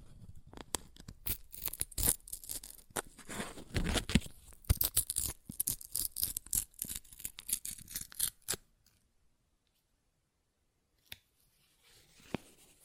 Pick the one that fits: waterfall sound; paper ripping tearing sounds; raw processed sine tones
paper ripping tearing sounds